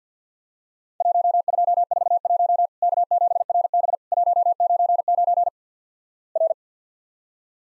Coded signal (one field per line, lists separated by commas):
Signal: Morse code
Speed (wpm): 50 wpm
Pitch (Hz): 700 Hz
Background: none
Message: 1241 K7RB 199 R